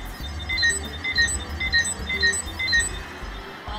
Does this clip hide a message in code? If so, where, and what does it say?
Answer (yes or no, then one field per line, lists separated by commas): no